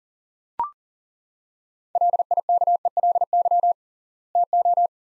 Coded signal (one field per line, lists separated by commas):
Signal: Morse code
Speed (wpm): 39 wpm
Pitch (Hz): 700 Hz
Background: none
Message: LIKELY TO